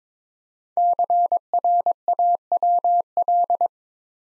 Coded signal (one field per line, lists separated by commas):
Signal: Morse code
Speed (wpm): 23 wpm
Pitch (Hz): 700 Hz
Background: none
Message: CRAWL